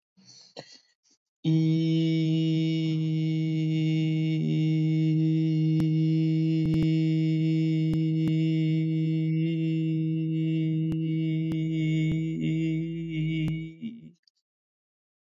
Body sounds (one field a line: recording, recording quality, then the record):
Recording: sustained vowel as in beet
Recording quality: excellent, no background noise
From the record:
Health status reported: COVID-19 positive, mild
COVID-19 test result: positive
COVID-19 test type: RT-PCR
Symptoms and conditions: cold, fever, loss of smell and taste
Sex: male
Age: 27 years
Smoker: no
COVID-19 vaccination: both doses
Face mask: not worn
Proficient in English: yes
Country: India